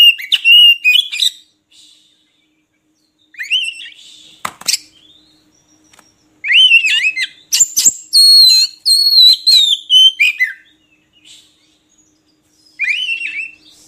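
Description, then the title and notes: Oriental magpie-robin song, whistled phrases with scratchy clicks in separated bursts, a longer loud run in the middle, then a last short phrase. Kacer song meant as training material so kept magpie-robins sing actively (gacor) day and night. "Kacer Jadi Gacor Siang Malam. Isian Kacer Durasi Panjang"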